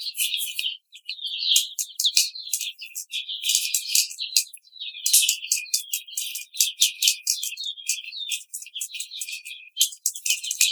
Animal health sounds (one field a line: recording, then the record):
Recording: young laying hens in a cage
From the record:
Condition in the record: treatment cage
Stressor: simulated dog barking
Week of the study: 5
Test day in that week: 1